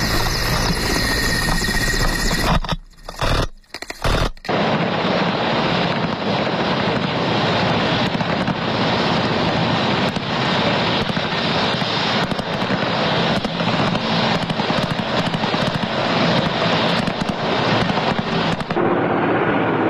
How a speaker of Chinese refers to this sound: 时间，战鹰呼啸，铁翼飞旋，特战队员从天而降，迅捷行动。